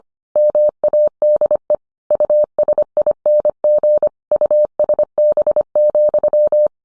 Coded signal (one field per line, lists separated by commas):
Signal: Morse code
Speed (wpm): 25 wpm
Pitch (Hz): 600 Hz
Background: none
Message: MADE USING USB,